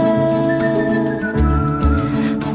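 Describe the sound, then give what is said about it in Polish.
A whistled melody glides in a steady, mid-high line over a full musical backing, with bouncy low bass notes and dense harmonies filling out the sound. “o kłótni i zabawie i o leżeniu w trawie, o zwykłych tak naszych dniach gwiżdżę sobie.”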